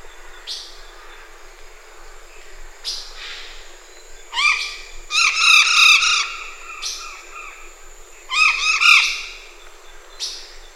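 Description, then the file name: Golden parakeet calls: two bursts of harsh, overtone-rich squawks near the middle and end, separated by quieter stretches with faint scattered notes. "ararajuba Guaruba guarouba"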